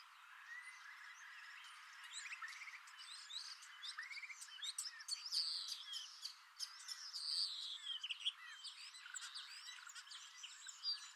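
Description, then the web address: Common starling singing a dense, varied medley of clicks, squeaks, chattering notes and slurred whistles, rising in energy through the middle with brief high sharp notes. "Deverinetal 2025. Bird Only"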